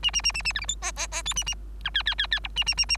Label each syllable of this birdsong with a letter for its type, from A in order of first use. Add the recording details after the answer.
A A A A A B C D E E E F A A G H H H H I A A A A. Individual Bird3